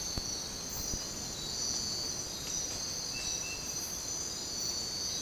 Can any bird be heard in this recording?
no